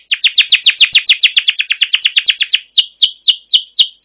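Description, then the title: Canary song: a rapid rolling series of downward-sweeping chirps, slowing into more spaced sweeps in the last second and a half. Long continuous rolling trilled singing with cuit-cuit notes, used as a master training and lure recording to stimulate canaries to sing. "CUIT CUIT NGEROL LANGSUNG GACOR PANJANG Kenari Ini AMPUH Utk Pancingan KENAR. Masteran Suara Burung Kenari Gacor Panjang cuit cuit Ngerol untuk Pancingan Kenari"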